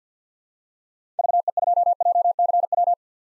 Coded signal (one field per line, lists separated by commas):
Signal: Morse code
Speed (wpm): 50 wpm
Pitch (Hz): 700 Hz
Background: none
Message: VE2JCW